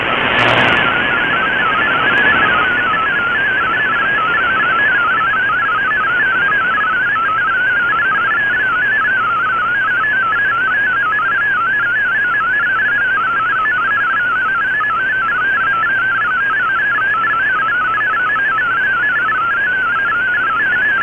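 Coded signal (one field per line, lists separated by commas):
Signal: multi-tone FSK (Olivia or MFSK type)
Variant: MFSK32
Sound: rapid warbling single tone hopping between pitches, steady throughout, over hiss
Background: radio static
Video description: Here is my decode of the Shortwave Radiogram broadcast today on 7780Khz shortwave radio at 2330UTC in MFSK32 and with 4 SSTV images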